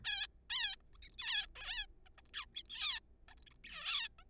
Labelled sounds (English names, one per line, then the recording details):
Zebra Finch
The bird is a juvenile
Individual R3428